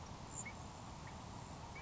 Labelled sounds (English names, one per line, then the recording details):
Grasshopper Sparrow
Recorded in Sonoma County, California